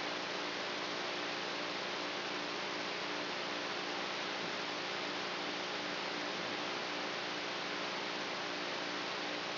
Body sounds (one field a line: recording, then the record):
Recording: brain microelectrode recording played as sound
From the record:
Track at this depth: outside the subthalamic nucleus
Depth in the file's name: 1.206 mm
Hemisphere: right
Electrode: 3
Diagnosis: Parkinson's disease